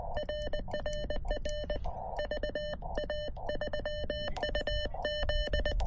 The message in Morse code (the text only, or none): RRR VA3UZ